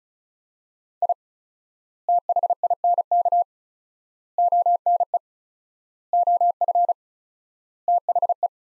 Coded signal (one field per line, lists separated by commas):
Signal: Morse code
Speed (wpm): 36 wpm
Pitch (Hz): 700 Hz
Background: none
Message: I THINK ONE OF THE